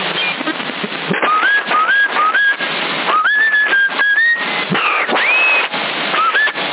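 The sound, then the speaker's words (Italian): Someone whistles over a CB radio channel in Sassari, Italy: a string of short, upward-sliding whistled notes, with one longer high whistle, all riding on a steady wash of radio static. “Ma cosa vuoi, fischiando a voci, boh?”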